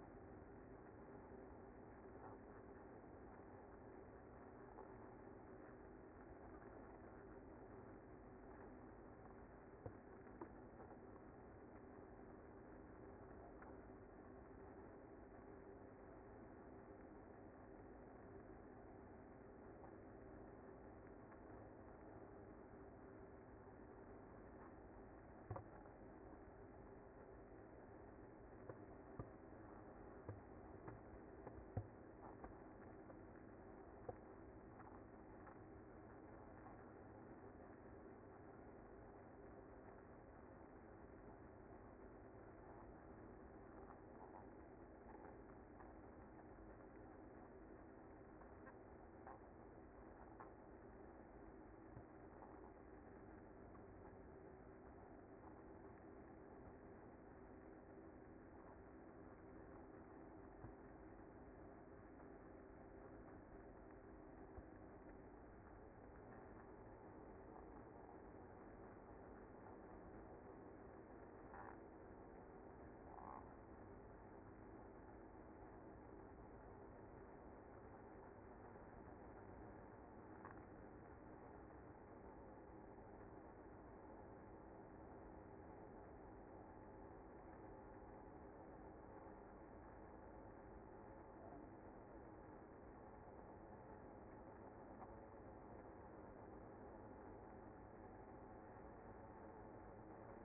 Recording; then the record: honeybee colony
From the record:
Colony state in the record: active